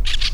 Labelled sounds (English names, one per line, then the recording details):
Brown-throated Parakeet contact call
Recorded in La Tortuga
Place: Isla La Tortuga
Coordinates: 10.925, -65.258